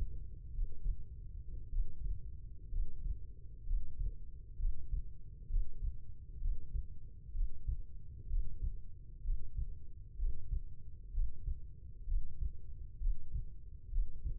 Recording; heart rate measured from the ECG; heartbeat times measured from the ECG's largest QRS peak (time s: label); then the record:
heart sounds by stethoscope; 63 bpm
0.53 s: heartbeat
1.71 s: heartbeat
2.70 s: heartbeat
3.65 s: heartbeat
4.58 s: heartbeat
5.48 s: heartbeat
6.40 s: heartbeat
7.33 s: heartbeat
8.28 s: heartbeat
9.23 s: heartbeat
10.17 s: heartbeat
11.12 s: heartbeat
12.06 s: heartbeat
12.99 s: heartbeat
13.90 s: heartbeat
From the record:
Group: healthy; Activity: Valsalva maneuver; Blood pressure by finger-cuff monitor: 113/77 mmHg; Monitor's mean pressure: 88 mmHg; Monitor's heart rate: 64 bpm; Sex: female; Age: 22 years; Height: 171 cm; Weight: 65.6 kg